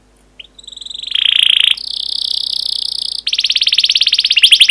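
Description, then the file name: Canary song with a rising note, then a buzzy rattling trill, a steady high tone, and a fast bright rolling trill. Long lure song recording used for training canaries. "kenari pancingan panjang"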